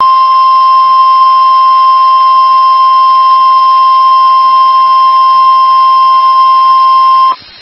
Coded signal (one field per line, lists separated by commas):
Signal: Emergency Alert System (SAME) tones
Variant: 1050 Hz attention tone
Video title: TX Double Header EAS #690-691 (4/26/23)